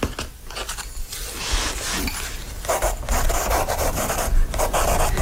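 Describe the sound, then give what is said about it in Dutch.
A pen scratches steadily across paper in a run of dry, rasping strokes, a continuous hissy scraping that holds an even loudness for several seconds with no voices. “We horen nu een pennetje wat op papier krast.”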